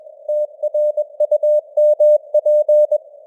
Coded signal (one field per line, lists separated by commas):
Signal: Morse code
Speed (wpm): 21 wpm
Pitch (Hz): 600 Hz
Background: none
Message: TRUMP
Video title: Morse Code News | 2026-01-08 | 21wpm